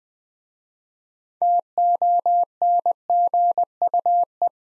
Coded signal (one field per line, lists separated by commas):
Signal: Morse code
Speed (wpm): 20 wpm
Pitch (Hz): 700 Hz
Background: none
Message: TONGUE